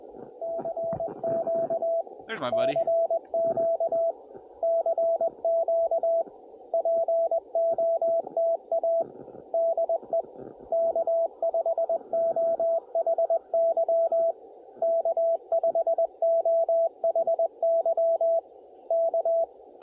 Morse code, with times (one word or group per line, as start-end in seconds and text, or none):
0.4-2.0 CQ
2.5-4.1 CQ
4.6-6.2 CQ
6.7-9.0 POTA
9.5-10.2 DE
10.7-14.3 K5OHY
14.8-18.4 K5OHY
18.9-19.4 K